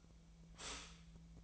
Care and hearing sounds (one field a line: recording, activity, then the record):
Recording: daily activity, microphone in the room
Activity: stop toaster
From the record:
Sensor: 1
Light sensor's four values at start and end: 27/70/29/34 and 27/70/29/34